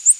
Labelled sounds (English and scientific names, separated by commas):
Prothonotary Warbler (Protonotaria citrea) flight call